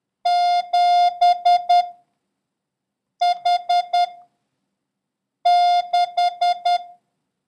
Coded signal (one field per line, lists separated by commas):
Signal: Morse code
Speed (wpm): 10 wpm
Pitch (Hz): 710 Hz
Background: none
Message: 7 H 6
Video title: International Morse Code: Lesson 10